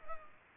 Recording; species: mosquito wingbeat signal from an infrared sensor; Culex pipiens